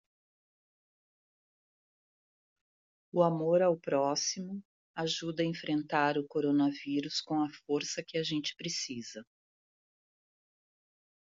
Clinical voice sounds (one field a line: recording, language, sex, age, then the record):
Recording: spoken sentence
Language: Brazilian Portuguese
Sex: female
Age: 50 to 59 years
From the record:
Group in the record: control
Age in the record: 56 years